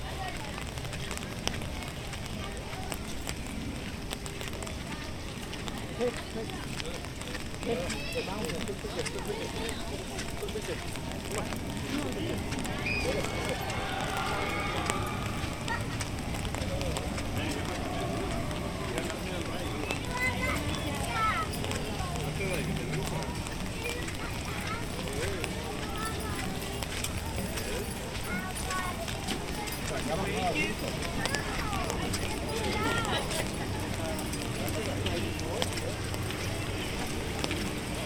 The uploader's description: take a walk through Animal Kingdom park in Walt Disney World